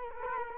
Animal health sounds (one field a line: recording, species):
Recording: mosquito wingbeat signal from an infrared sensor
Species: Culex quinquefasciatus